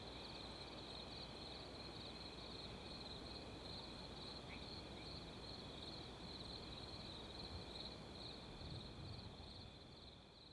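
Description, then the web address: Cricket chorus, a continuous shrill trill that holds an even pitch throughout, backed by soft wind noise. Outdoor ambience of crickets together with wind. "Adobe CC. Ambience Wind With Crickets"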